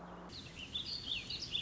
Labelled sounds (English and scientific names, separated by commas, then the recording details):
Warbling Vireo (Vireo gilvus)
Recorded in Sonoma County, California